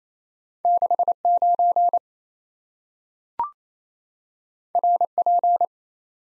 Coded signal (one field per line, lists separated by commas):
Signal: Morse code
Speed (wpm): 27 wpm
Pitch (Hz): 700 Hz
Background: none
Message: 69 RP